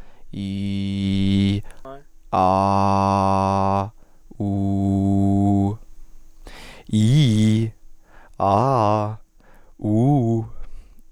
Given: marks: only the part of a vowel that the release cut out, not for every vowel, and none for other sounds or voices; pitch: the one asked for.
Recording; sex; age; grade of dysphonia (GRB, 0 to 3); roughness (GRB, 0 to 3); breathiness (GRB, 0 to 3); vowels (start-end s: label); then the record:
sustained vowels; male; 20 to 29 years; 0; 0; 0
0.50-1.48 s: vowel /i/, low pitch
2.51-3.71 s: vowel /a/, low pitch
4.53-5.57 s: vowel /u/, low pitch
6.97-7.60 s: vowel /i/, low-high-low pitch
8.56-9.09 s: vowel /a/, low-high-low pitch
9.87-10.38 s: vowel /u/, low-high-low pitch
From the record:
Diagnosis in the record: healthy voice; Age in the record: 21 years